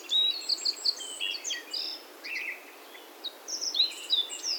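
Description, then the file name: Black-faced bunting song, phrases of sharp high chirps and brief buzzy slurs, a run near the start and another toward the end, with soft background hiss. Recorded in Yaita on 23 July 2021. "aoji yaita"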